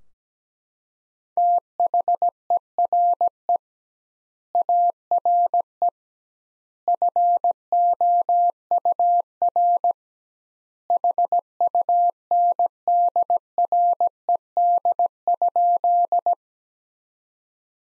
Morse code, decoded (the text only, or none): THERE ARE FOUR HUNDRED?